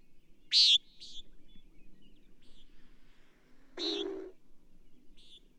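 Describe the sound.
Bird chirps: one loud high note followed by a brief twitter, then a broad harsh sound with a low component, and a faint final chirp.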